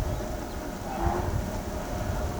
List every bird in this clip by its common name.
none